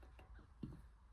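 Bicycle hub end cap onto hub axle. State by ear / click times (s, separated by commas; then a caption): not seated / none. A bicycle hub end cap from an ELITE DRIVE 50D wheelset is pressed onto the hub axle with considerable weight, giving only faint handling ticks and a brief louder rub around 0.6 s over a low steady hum. Nothing has snapped or clicked yet; the cap is a relatively tight fit but does not lock in place and pulls straight off.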